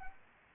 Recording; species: mosquito wingbeat signal from an infrared sensor; Anopheles gambiae